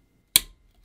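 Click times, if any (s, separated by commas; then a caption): 0.4 s. The first flip-lock latch on a Miliboo MTT609A tripod leg, made of semi-transparent dark red plastic, is snapped closed with a single sharp, bright click at 0.4 seconds that quickly decays, followed by a much fainter tick near 0.9 seconds. The latch seats shut.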